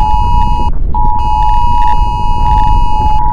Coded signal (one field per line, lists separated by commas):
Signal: Emergency Alert System (SAME) tones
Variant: 853 and 960 Hz attention tone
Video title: EAS Mock #18: The Cascade's Big One